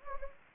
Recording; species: mosquito wingbeat signal from an infrared sensor; Anopheles gambiae